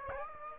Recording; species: mosquito wingbeat signal from an infrared sensor; Aedes aegypti